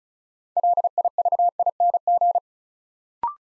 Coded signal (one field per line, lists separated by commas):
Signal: Morse code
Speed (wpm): 36 wpm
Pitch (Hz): 700 Hz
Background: none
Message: LIVING